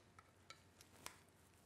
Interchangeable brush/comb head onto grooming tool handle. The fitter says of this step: your other head and click